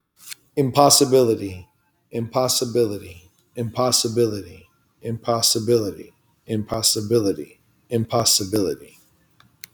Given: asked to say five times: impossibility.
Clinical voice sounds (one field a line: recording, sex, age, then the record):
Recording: repeated word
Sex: male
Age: 30 to 39 years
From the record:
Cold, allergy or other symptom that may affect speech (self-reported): no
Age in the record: 32 years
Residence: California, United States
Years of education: 16